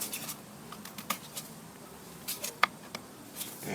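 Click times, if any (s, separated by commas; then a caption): 2.6 s. A plastic cap is turned onto a BMW coolant expansion tank, with soft rubbing and small ticks before a sharp, bright click at 2.6 s. The cap is seated, and its arrow lines up with the mark on the tank. No one talks.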